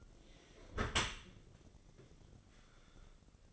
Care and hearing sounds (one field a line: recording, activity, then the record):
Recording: daily activity, microphone in the room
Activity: close dishwasher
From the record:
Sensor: 4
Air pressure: 1013.2 hPa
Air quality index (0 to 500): 170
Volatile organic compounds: 2 ppm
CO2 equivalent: 1075 ppm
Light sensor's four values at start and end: 75/186/77/79 and 76/188/78/79